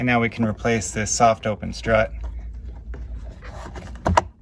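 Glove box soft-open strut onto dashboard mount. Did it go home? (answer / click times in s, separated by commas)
yes / 4.1 s, 4.2 s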